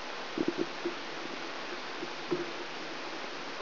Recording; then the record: brain microelectrode recording played as sound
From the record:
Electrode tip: outside the subthalamic nucleus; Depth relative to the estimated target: -1 mm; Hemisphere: left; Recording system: AlphaMap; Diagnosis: Parkinson's disease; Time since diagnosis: 10 years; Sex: male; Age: 47 years